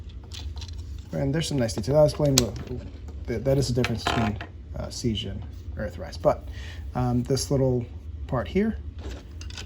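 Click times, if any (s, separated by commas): 9.4 s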